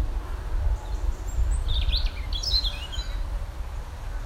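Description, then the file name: European robin giving a few quick, high warbled phrases, fairly soft, against a steady low rumble. "Erithacus rubecula"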